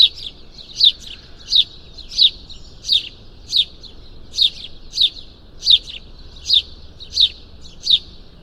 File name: Passer domesticus